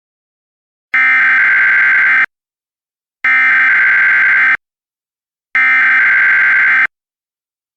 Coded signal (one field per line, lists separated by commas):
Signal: Emergency Alert System (SAME) tones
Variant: header bursts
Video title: EAS: A Realistic Nuclear Attack Scenario